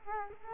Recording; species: mosquito wingbeat signal from an infrared sensor; Culex quinquefasciatus